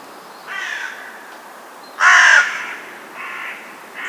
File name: Corvus corone